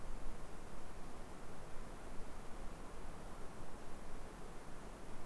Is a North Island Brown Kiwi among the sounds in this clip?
no